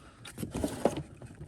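A new-generation triangular ignition coil, which clips in rather than screwing down, is pressed firmly by hand into the coil harness on the valve cover of an M54B30 engine in a BMW E46 330Ci. Soft handling noises and a couple of faint knocks around 0.6 s lead to a sharp plastic click at 0.9 s as the clip snaps in. The coil is seated.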